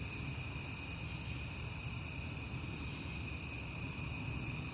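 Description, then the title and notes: Steady high cricket chirping fills the night air as overlapping continuous trills, with a soft low rumble in the background. Crickets heard often in September; recorded at night on a peaceful night. "Night Time: Crickets and Passing Cars. It is September and I have been hearing the crickets a lot, but finally had a peaceful night to make the recording"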